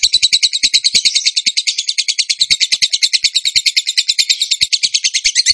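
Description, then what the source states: Bird song: a continuous, quick-fire stream of sharp high chips, evenly paced throughout. Training song for songbirds, in the tembakan gacor style.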